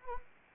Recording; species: mosquito wingbeat signal from an infrared sensor; Anopheles arabiensis